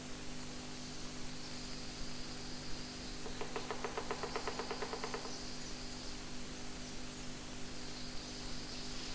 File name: White-bellied Woodpecker